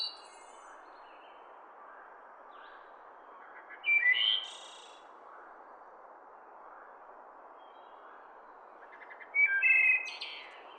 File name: Wood thrush